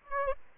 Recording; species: mosquito wingbeat signal from an infrared sensor; Aedes aegypti